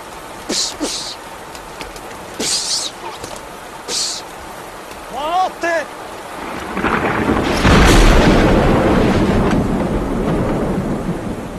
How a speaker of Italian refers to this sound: Fulminato, dottore, fulminato. La saetta l'aveva attraversato completamente.